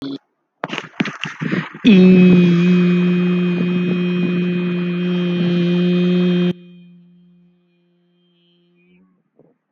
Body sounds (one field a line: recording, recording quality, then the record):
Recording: sustained vowel as in beet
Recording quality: moderate, slight background noise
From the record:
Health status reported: healthy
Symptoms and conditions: none ticked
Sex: male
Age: 29 years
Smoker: not ticked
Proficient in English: yes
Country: India